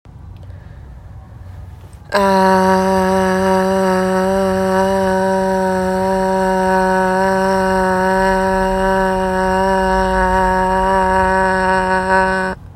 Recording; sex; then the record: sustained vowel /a/; female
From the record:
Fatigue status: no fatigue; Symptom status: symptomatic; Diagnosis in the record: COVID-19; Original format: m4a